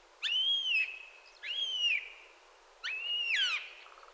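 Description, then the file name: Eurasian jay making clear, whistled mewing calls that rise sharply, hold, then slur downward, three calls over a second apart. "Garrulus glandarius"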